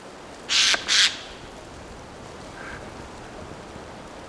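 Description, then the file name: Eurasian jay uttering a pair of hoarse, rasping screeches back to back, followed by a faint brief note and then quiet. "Garrulus glandarius"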